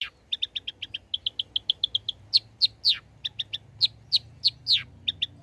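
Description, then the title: Long-tailed shrike song: a rapid run of clipped high chirps, then louder, sweeping slurred notes mixed with clipped chirps at irregular intervals. Actively singing bird, used as a tutor song for training other birds. "Cendet Gacor Cocok Untuk Masteran"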